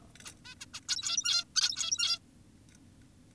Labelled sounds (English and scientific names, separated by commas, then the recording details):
Zebra Finch (Taeniopygia guttata)
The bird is an adult
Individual g17y2U